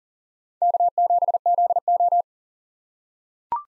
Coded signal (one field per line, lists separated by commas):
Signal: Morse code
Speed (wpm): 40 wpm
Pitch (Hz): 700 Hz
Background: none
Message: K7ZO